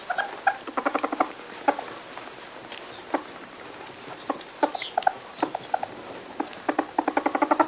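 European polecat uttering short runs of fast, clucking pulses, several series separated by brief pauses.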